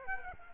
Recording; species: mosquito wingbeat signal from an infrared sensor; Aedes aegypti